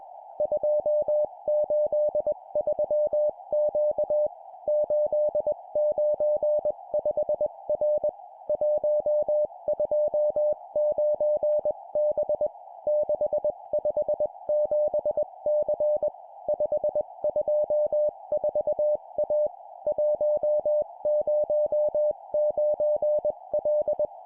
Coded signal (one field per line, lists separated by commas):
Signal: Morse code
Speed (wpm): 21 wpm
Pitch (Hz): 600 Hz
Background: music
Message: 283Q 895R 129B 657C 524A 109L